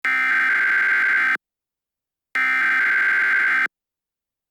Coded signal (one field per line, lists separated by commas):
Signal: Emergency Alert System (SAME) tones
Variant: header bursts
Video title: Unveiling the shocking truth about Tom's first day at the EAS | An EAS Scenario